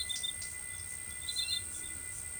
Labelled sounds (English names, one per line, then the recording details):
none
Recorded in forest near Pivijay, Magdalena, Colombia, on 15 April 2023 at 18:00
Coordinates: 10.467, -74.380
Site Z5-G034